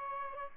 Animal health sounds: mosquito wingbeat signal from an infrared sensor; Aedes albopictus

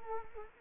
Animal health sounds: mosquito wingbeat signal from an infrared sensor; Culex quinquefasciatus

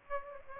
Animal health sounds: mosquito wingbeat signal from an infrared sensor; Aedes aegypti

